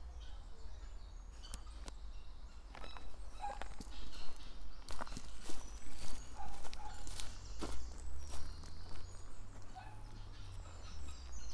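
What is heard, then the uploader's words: Footsteps on a walk along the East Devon Way, crunching in an irregular rhythm that grows busier and louder from about the fifth second onward. A steady low rumble runs underneath, with a few faint bird chirps rising briefly near four, six and ten seconds. Today's walk is from Woodbury Castle to Exmouth along the East Devon Way.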